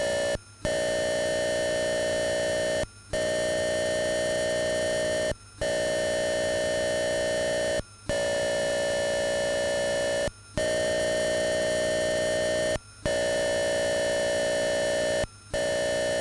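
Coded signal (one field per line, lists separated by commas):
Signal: computer data on cassette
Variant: Atari 8-bit cassette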